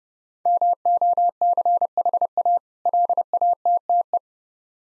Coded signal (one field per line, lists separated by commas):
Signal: Morse code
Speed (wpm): 30 wpm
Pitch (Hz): 700 Hz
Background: none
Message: MOCHA LATTE